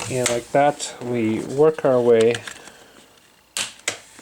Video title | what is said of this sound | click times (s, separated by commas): Toshiba CB35 Chromebook Screen Replacement Procedure | and gently lift up and out and listen for a snapping sounds | 3.6 s, 3.9 s